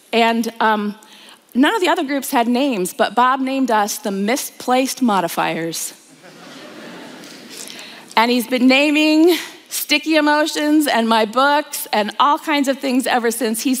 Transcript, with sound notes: None of the other groups had names, but Bob named us, “The Misplaced Modifiers.” (laughter) And he’s been naming “sticky emotions” and my books and all kinds of things ever since!